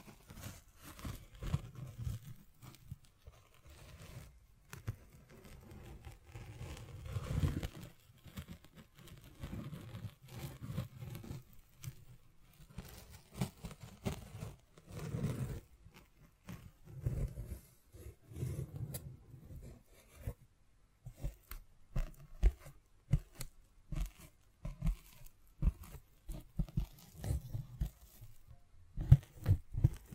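Scratching and tracing sounds with scattered taps, mostly low and rough, coming in irregular bursts that grow busier and sharper toward the end.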